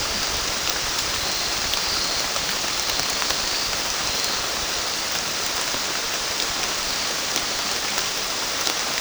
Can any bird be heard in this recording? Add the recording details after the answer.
no. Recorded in pastures near Puerto Asís, Putumayo, Colombia, on 30 June 2025 at 16:30. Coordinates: 0.466, -76.322. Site GP07